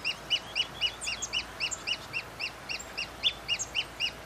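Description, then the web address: Pearl kite delivering an unbroken string of shrill, high chips at about four per second, with occasional softer overlapping notes. "sound Pearl-kite. دانلود-صدای-پرنده-کورکور-مرواریدی"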